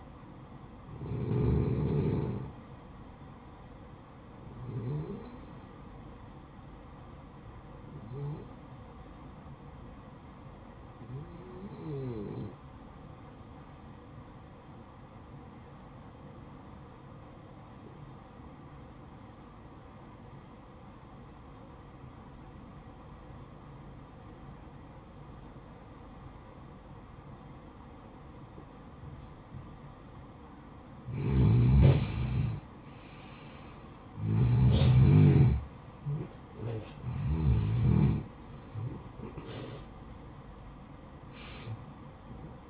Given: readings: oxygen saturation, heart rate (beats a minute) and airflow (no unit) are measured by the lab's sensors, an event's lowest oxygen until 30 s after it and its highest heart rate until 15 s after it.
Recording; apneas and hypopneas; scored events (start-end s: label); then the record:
breathing in sleep by a smartphone at the bedside; 1
18.00-31.70 s: obstructive apnea (N1, oxygen 96% highest, then 87% lowest, heart rate 59 at the start, 68 highest)
From the record:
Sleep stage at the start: N1 (lightest sleep); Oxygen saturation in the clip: 86 to 96%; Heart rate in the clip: 55 to 68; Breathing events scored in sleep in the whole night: 573 in 9.8 hours asleep